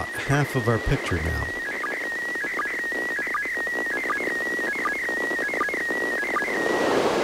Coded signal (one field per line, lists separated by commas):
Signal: SSTV (slow-scan television)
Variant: PD 180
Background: speech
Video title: Ham Nation 178: Happy 2015!